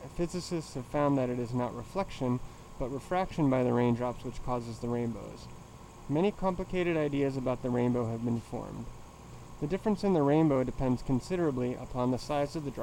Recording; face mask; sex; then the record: reading aloud; surgical mask; male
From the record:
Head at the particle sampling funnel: tilted down, bridge of the nose in front of it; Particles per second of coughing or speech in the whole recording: 1.56